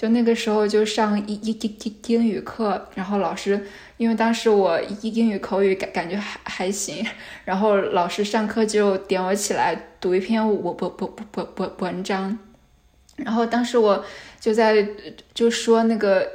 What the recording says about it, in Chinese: 我有口吃，但我远不止如此。 有口吃的话，不论是不是一般意义上的紧张时刻，都可能会在说话时出现无法控制的重复发音。 但 是我有意识，我开始口吃，是我上高高高高中的时候。